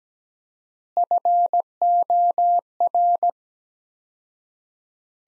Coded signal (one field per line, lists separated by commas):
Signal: Morse code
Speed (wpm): 17 wpm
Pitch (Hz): 700 Hz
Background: none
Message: FOR